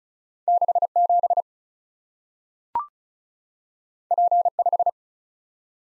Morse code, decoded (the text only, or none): 67 P5